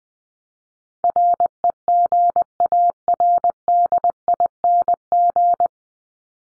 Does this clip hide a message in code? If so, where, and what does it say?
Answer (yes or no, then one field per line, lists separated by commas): yes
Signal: Morse code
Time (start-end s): 1.0-5.7 s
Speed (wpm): 20 wpm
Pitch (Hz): 700 Hz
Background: none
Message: REGARDING